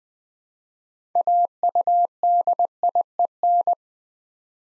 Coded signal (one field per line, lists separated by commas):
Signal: Morse code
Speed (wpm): 20 wpm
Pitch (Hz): 700 Hz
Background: none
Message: AUDIEN